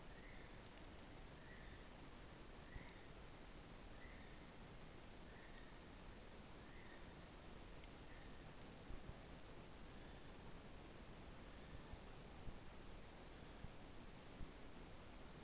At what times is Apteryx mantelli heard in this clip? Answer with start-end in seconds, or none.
0.00-12.50